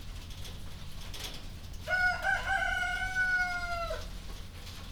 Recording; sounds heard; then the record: poultry house recording; healthy chickens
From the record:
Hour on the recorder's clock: 0